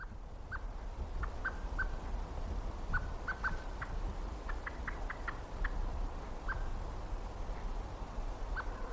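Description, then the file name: Common blackbird calling: brief clipped notes, often in quick pairs, scattered throughout above constant low-pitched background noise. "Turdus merula"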